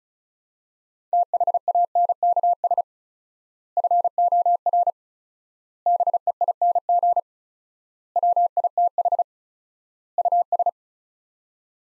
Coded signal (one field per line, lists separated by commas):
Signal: Morse code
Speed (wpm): 36 wpm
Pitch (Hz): 700 Hz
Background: none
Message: THANKS FOR BEING WITH US